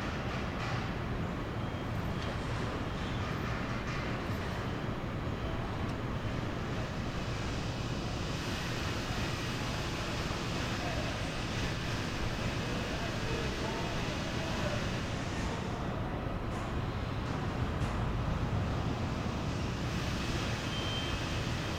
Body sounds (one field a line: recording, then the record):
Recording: background sound without coughing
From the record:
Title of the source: 30 MINUTES Construction Site Ambience (CC BY 4.0)